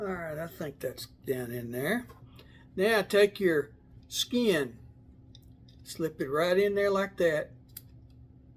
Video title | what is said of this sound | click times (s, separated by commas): Hyper Cluster Yoyo Bandai Red Starter Pack Open Unbox and Assemble | you'll hear it twist hear it hear it click | 7.8 s